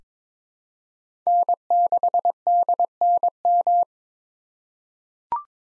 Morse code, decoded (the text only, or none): N6DNM